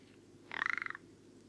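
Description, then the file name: Rock ptarmigan making a short, quick pulsed croak of about half a second, a dry ticking rattle. Recorded at Karwendelspitze on 6 July 2014. "Alpenschneehuhn. Karwendelspitze. Michle Pron"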